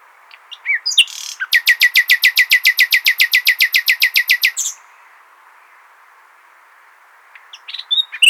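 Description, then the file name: Common nightingale song: a loud, fast series of identical piping notes repeated steadily for about three seconds, with brief chirps before and after. "Luscinia megarhynchos"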